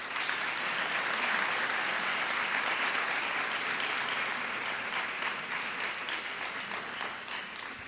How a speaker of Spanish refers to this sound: Agradecemos de nuevo al doctor Vilapriño con un fuerte aplauso.